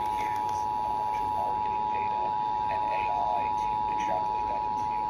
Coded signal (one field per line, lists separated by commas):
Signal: Emergency Alert System (SAME) tones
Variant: 853 and 960 Hz attention tone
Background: speech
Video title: EAS- Finally, A Proper Monthly! (6/25/25)